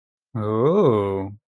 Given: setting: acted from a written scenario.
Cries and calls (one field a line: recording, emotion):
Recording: vocal sound without words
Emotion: interest